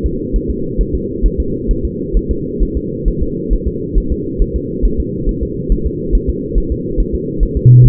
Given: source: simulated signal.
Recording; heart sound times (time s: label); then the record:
fetal heart sounds
0.06 s: S2
0.36 s: S1
0.50 s: S2
0.81 s: S1
0.95 s: S2
1.26 s: S1
1.40 s: S2
1.71 s: S1
1.85 s: S2
2.17 s: S1
2.31 s: S2
2.63 s: S1
2.77 s: S2
3.08 s: S1
3.22 s: S2
3.53 s: S1
3.68 s: S2
3.98 s: S1
4.12 s: S2
4.42 s: S1
4.56 s: S2
4.85 s: S1
5.00 s: S2
5.29 s: S1
5.43 s: S2
5.72 s: S1
5.86 s: S2
6.15 s: S1
6.29 s: S2
6.58 s: S1
6.72 s: S2
7.00 s: S1
7.14 s: S2
7.43 s: S1
7.57 s: S2
7.86 s: S1
From the record:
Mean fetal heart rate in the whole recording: 135 bpm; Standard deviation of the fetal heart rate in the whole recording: 3 bpm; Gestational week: 36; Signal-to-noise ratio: -6.6 dB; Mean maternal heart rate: 72 bpm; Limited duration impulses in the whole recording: present